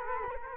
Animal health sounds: mosquito wingbeat signal from an infrared sensor; Culex quinquefasciatus

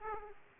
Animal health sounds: mosquito wingbeat signal from an infrared sensor; Aedes aegypti

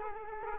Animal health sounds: mosquito wingbeat signal from an infrared sensor; Culex quinquefasciatus

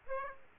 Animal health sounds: mosquito wingbeat signal from an infrared sensor; Aedes aegypti

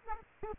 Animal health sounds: mosquito wingbeat signal from an infrared sensor; Aedes aegypti

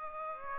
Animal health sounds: mosquito wingbeat signal from an infrared sensor; Aedes aegypti

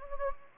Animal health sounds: mosquito wingbeat signal from an infrared sensor; Anopheles gambiae

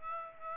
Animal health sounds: mosquito wingbeat signal from an infrared sensor; Aedes aegypti

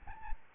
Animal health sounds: mosquito wingbeat signal from an infrared sensor; Aedes albopictus

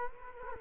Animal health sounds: mosquito wingbeat signal from an infrared sensor; Culex quinquefasciatus

